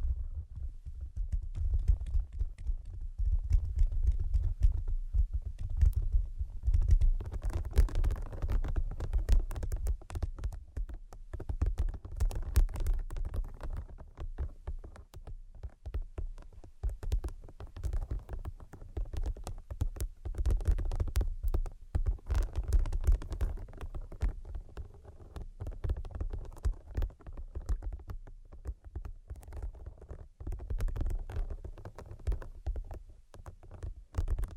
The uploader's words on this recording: ASMR Brain Penetrating 3D Tapping (No Talking).